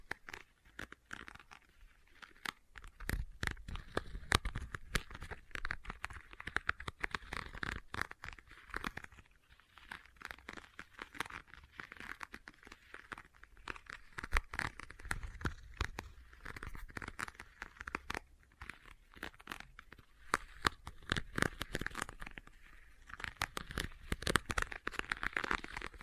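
Leather being tapped and scratched in dense, irregular bursts of crisp clicks and rasping scrapes that run almost without pause for the full length. The sound is bright and crinkly, with short quieter gaps, notably near 2, 9 and 18 seconds.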